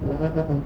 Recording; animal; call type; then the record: contact call of a hoofed animal; goat; low-frequency (closed-mouth) or high-frequency (open-mouth) call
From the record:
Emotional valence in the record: positive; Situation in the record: food anticipation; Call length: 0.65 s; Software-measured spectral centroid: 930 Hz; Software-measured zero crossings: 620 a second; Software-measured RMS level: -24 dBFS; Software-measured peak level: -11 dBFS